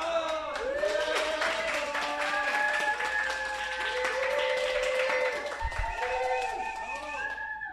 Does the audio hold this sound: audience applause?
yes